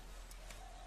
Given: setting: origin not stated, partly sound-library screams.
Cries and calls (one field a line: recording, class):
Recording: one-second piece from a danger detection set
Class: normal situation